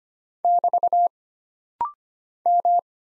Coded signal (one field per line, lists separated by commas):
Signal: Morse code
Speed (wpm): 25 wpm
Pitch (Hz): 700 Hz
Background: none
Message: <BT> M